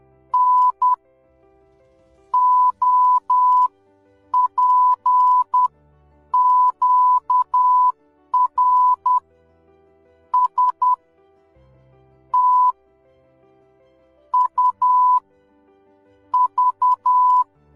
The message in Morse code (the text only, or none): NOPQRSTUV